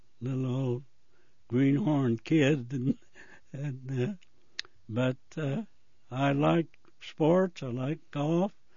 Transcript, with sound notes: little ol' greenhorn kid and... [chuckles] But I like sports, I like golf,